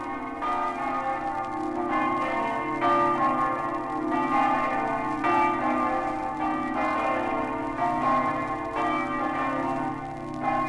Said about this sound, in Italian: Dallo snello e elegante campanile alto 70 metri, la campana del Duomo di Buia sgrana i suoi festosi rintocchi per salutare gli emigrati friulani.